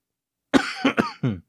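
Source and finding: Adult. Cough.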